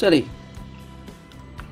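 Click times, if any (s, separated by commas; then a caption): 1.6 s. Someone talks briefly as a plastic part is pushed upward from below into a Magic Square MS-B57 Triceratops transforming robot dinosaur toy. A faint tick comes at 1.3 s, then one sharp snap at 1.6 s as the panel clips in and seats.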